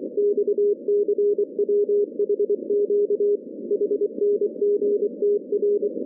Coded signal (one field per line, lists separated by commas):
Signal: Morse code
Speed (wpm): 24 wpm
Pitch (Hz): 410 Hz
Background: none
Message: XCWHQ HNGTR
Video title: 170 Meter Shortwave Band